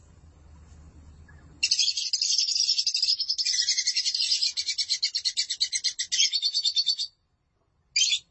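Lovebird chattering, a low hum at first, then a burst of harsh rapid squeaky pulses lasting about five seconds, a short pause, and one brief final burst.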